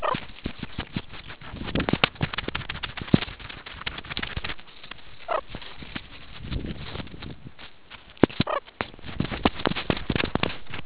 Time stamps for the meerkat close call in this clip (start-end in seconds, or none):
0.01-0.15, 5.26-5.42, 8.45-8.61